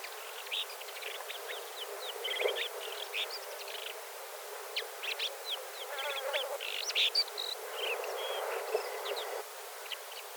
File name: Golosa ptic - Bulanyj zhulan Lanius isabellinus